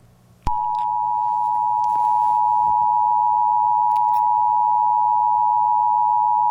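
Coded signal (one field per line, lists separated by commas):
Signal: Emergency Alert System (SAME) tones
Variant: 853 and 960 Hz attention tone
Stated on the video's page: Simulated EAS scenario about a facility breaking.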